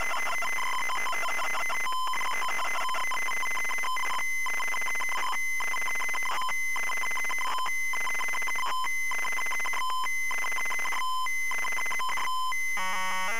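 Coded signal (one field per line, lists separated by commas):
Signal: ZX Spectrum tape loading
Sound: harsh buzzing, warbling data screech with rhythmic breaks, no clear steady lead tone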